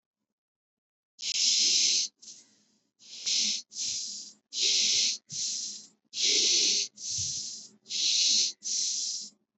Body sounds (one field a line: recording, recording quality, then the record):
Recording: shallow breathing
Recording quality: excellent, no background noise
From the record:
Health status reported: exposed to COVID-19, no respiratory illness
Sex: male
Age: 25 years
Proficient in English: yes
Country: India